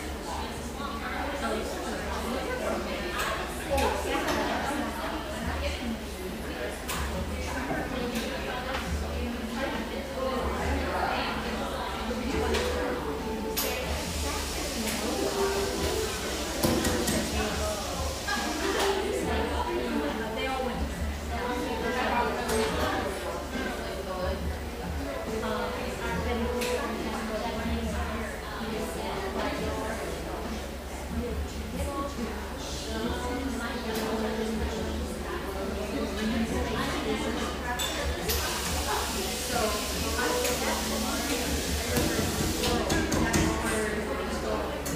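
A neighborhood espresso shop hums along with steady, overlapping chatter from many voices and a constant low drone underneath. A hissing burst, like a steam wand, rises around fifteen to nineteen seconds and again from about thirty-eight seconds to the end.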